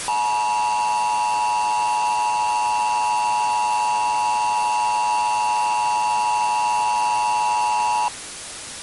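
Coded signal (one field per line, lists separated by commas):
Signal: Emergency Alert System (SAME) tones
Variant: 853 and 960 Hz attention tone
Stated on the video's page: Entirely fictional EAS scenario.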